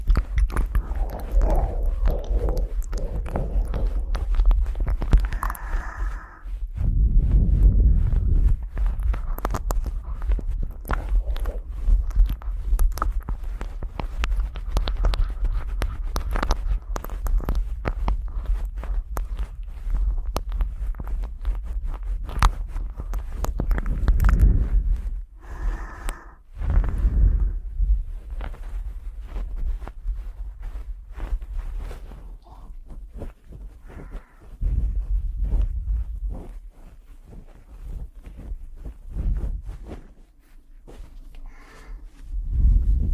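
Ear blowing and cleaning: a dense, crackling rustle of close air and scraping runs almost the whole time, with a steady low rumble underneath. Heavier whooshing bursts surge near 7, 24 and 26 seconds. The texture thins and turns patchier after about 30 seconds.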